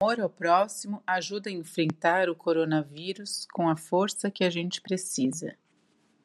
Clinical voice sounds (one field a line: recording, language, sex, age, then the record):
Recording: spoken sentence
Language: Brazilian Portuguese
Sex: female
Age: 40 to 49 years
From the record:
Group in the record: control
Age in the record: 48 years